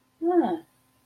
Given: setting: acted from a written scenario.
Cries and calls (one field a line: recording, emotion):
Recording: vocal sound without words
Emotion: guilt